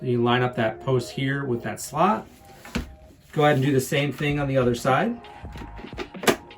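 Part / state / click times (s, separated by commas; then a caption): motorcycle helmet face shield onto the side pivot base plate / seated / 6.3 s. Someone talks while the slot of a Thunder outer face shield on a motorcycle helmet is lined up with the post under the pivot wheel on the helmet's second side and pressed onto the side pivot base plate. A sharp click at 6.3 s marks the shield snapping into place, seated.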